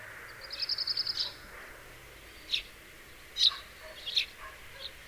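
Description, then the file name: House sparrow chirps: a quick rattled run of high notes opens, then three separate sharp chirps follow. "Passer domesticus"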